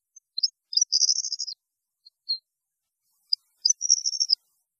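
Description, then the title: European goldfinch song: two short bursts of high, liquid twittering separated by a pause with a few isolated tinkling notes. "Chant Chardonneret"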